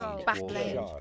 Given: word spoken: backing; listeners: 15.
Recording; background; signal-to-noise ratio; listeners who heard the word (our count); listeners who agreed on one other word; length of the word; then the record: one English word in noise, from a listening test; four-talker babble; 0.3 dB; 3 of 15; 6 of 15; 0.61 s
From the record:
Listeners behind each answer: 6, 3, 2, 2, 1, 1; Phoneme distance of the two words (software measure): 14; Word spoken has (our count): 2 syllables, 5 phonemes, stress on syllable 1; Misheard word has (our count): 1 syllable, 3 phonemes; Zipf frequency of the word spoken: 4.18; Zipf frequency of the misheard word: 6.25